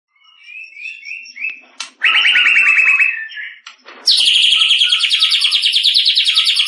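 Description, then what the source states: White-rumped shama song: soft short whistled notes build into a harsh rapid trill, a brief gap, then a high, loud, fast rattling trill to the end. Vigorous singing.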